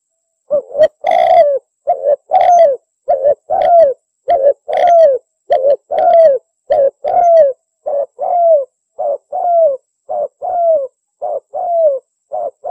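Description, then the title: Bird repeats short, low cooing notes in a rapid, steady series, each slightly falling, with brighter, harsher notes early on. Master recording used for training songbirds. "Master Burung Jos"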